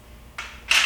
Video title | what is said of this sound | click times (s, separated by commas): Golden Buzzaround CarryOn Travel Scooter - Easy Instructions for Assembly & Disassembly | push it out and the inside pops right in | 0.4 s, 0.7 s